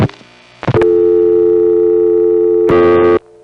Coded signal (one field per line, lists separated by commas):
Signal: telephone call progress tone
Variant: North America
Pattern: dial tone